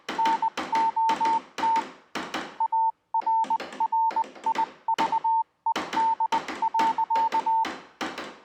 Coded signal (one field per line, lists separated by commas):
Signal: Morse code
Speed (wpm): 20 wpm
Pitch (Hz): 900 Hz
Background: none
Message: NOT ARRIVED.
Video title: A journey in time and geography along the north east Tasmanian Telegraphic network.